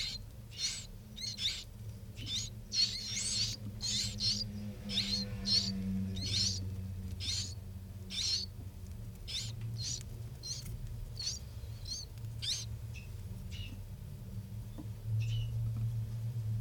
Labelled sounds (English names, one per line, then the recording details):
Willow Warbler call
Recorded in captivity
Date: 1966-06-17 14:30
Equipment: Nagra III BH, Sennheiser MD 21
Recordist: Schubert, Michael